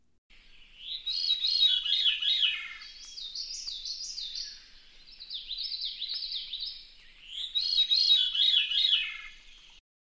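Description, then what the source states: Veery song: fluty, reedy phrases given four times, with only short pauses between. Unusual song, heard along a trail in the Berkshires.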